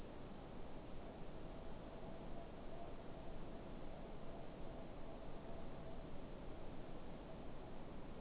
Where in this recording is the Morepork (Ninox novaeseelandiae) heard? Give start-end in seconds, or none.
0.17-7.82